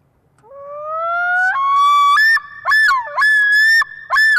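Loon calling, a long clear note sliding upward, then a steady high tone broken into several pulsing phrases, with no other sounds.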